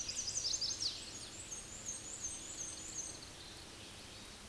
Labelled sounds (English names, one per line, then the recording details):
Black-and-white Warbler song
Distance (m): 45 m
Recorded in a Pennsylvania forest on 19 May 2023 at 10:15
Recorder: AudioMoth, point grid1_29_low
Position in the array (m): 63 m, 63 m